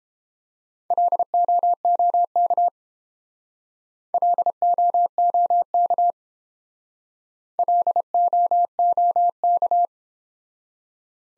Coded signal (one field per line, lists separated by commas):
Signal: Morse code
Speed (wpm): 30 wpm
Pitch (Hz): 700 Hz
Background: none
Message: LOOK LOOK LOOK